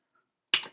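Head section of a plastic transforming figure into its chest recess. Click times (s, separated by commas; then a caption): 0.5 s. During the robot-to-vehicle transformation of a plastic Transformers Earthspark Warrior Class Optimus Prime figure, the head section is rotated, flipped and pressed down into its chest recess. After near silence with a faint brief tone, one sharp plastic snap is heard at 0.5 s. The head is seated in place.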